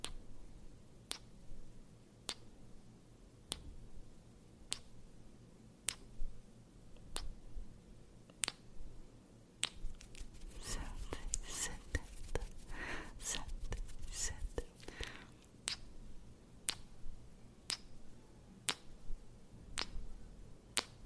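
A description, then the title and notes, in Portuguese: Sharp kissing smacks land at a steady pace, about one each second, all the way through. From roughly ten to fifteen seconds a denser flurry of quicker smacks and rustling crowds in. A low, steady hum sits underneath. ASMR: 600 BEIJINHOS EM VOCÊ.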